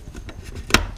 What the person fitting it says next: There. So, you hear it click.